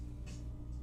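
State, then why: Not seated. A mechanical keyboard switch is being handled and pushed toward its position in a keyboard plate and PCB socket, replacing a switch that was pulled out because it wasn't seating properly. A steady low hum runs throughout, with brief bright rustling scrapes around 0.3 s and 0.75 s. The clip ends before the switch goes home, so nothing has seated or clicked yet.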